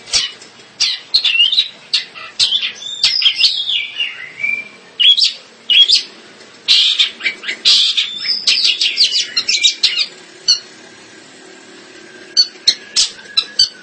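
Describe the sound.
Bird song: varied high chirps and downslurred whistles delivered in irregular bursts, ending with a few isolated sharp notes.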